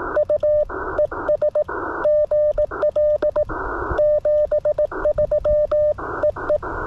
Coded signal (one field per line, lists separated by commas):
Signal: Morse code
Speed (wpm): 18 wpm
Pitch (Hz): 600 Hz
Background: none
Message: U ES GL 73 EE